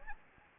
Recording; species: mosquito wingbeat signal from an infrared sensor; Anopheles gambiae